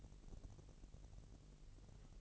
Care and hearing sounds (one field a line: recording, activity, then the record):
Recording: daily activity, microphone in the room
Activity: take from stove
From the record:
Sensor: 4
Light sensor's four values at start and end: 8/18/7/7 and 8/18/7/7